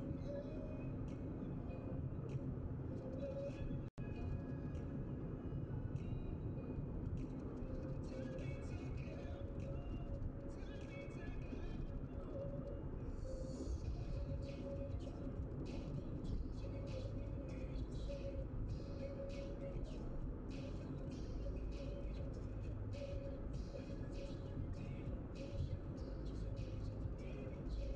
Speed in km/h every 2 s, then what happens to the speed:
85, 86, 83, 85, 83, 82, 82, 77, 78, 78, 78, 78, 78, 78.
0-28 slows to 78.